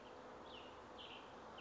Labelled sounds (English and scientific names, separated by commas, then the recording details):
Cassin's Vireo (Vireo cassinii)
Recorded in Sonoma County, California